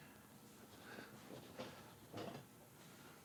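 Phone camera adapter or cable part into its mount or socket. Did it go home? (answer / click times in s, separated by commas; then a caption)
no / none. A phone camera adapter or cable part for a makeshift phone camera setup is handled against its mount or socket. Over a steady low background noise, a few short scraping, rustling handling sounds rise around 1.0, 1.6 and 2.2 seconds. Nothing has seated or clicked into place yet.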